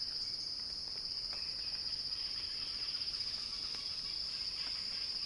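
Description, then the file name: Cicada buzzing in a dense, even, high-pitched drone with only faint other sounds beneath. Cicada song building in a crescendo, recorded by Axel Drioli for Earth.fm. "earth-fm Axel-Drioli Cicada-Crescendo-Sounding-Wild"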